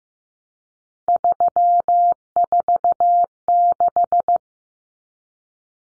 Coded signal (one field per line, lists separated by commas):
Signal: Morse code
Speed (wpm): 15 wpm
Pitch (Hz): 700 Hz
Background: none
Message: 346